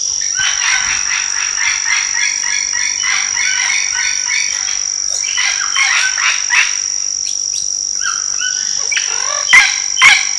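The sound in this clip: Bird calls: a dense run of rapid, raspy chattering notes for several seconds, then scattered sharper calls and two loud snaps, beneath a continuous high whine.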